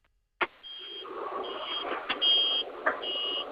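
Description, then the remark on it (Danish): A German Deutz tractor's electrics powering up: a sharp relay click, then a steady hum with repeated high-pitched electronic beeps and a few more crisp clicks, with no talking. “Eller nu kan du høre, alle de relæer, der starter, det er en tysk.”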